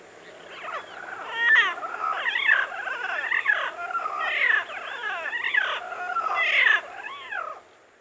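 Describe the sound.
Parrots calling: a dense chorus of harsh, squawky and warbling notes with many overlapping rising and falling sweeps, loudest in bursts around one and a half, two and a half, four and a half and just under seven seconds.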